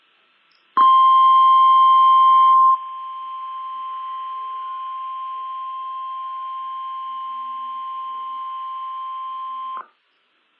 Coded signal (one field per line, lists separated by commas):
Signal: Emergency Alert System (SAME) tones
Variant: 1050 Hz attention tone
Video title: EAS Required Monthly Test and Weekly Test Sioux Falls AM/FM and NOAA Weather Radio +WeatherSTAR4000